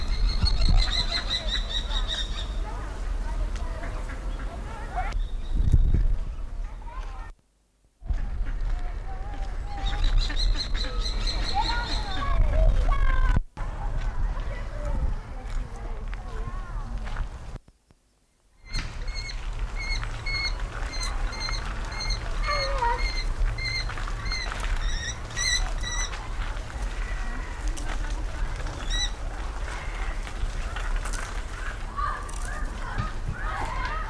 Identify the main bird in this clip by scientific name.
Falco sparverius